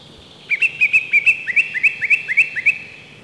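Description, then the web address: Song thrush song: a rapid run of short, sharp whistled notes, one figure repeated a few times, then a rising figure repeated several times. Spring. "vremena vesna 03 drozd pevchi"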